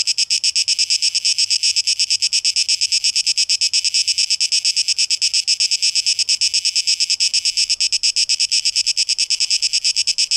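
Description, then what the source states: Cicada buzzing, a dense, high rasp rapidly pulsed at an even pace, continuing without a break. Cicadas recorded 12 August 2023; tape echo mix.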